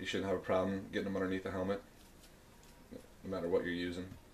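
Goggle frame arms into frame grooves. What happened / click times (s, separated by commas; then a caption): Handled, not yet home: no seating click heard / none. Someone talks about ESS 5B and Flight Pro goggles while handling a goggle frame whose small plastic arms fold down to seat into grooves in the frame. Speech fills most of the clip, with a quiet stretch in the middle carrying only a faint soft tick. The arms have not yet clicked or seated into their grooves by the end of the clip.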